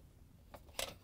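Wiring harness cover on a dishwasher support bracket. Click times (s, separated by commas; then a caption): 0.8 s. A plastic wiring harness cover is lined up on the metal support bracket of a Bosch/Thermador/Gaggenau dishwasher during circulation pump 00239144 work, and its locking tabs are flexed over. A faint click at about 0.5 s is followed by a sharp plastic snap at 0.8 s with a short rattle of clicks after it. The cover locks into place on the bracket.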